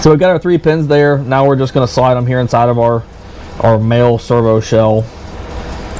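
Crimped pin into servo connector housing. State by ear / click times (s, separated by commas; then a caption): not seated / none. Three crimped pins are being slid into a male servo connector shell while someone talks throughout, with only faint background noise in the pauses. Nothing has seated or clicked yet.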